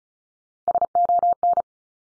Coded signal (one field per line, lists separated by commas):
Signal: Morse code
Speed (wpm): 36 wpm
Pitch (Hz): 700 Hz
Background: none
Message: SON